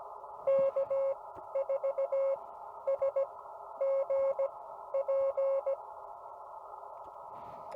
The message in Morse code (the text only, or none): K4SGP